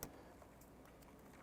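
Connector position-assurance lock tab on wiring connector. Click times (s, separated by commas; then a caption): 0.0 s. A small gray plastic connector position-assurance lock tab on a wiring connector is pressed down to secure it during an engine water pump replacement on a 2006-2013 Chevrolet Impala. A sharp, short click is heard at 0.0 s, followed by quiet low background sound. The lock tab snaps down and the connector is locked.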